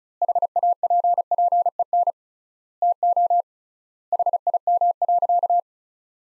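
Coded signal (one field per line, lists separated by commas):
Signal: Morse code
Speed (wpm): 36 wpm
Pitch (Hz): 700 Hz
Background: none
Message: HAPPEN TO HIM.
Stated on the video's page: Morse practice sentences from top 400 words at 35 wpm with 3x standard word spacing, a Farnsworth-like method applied to words.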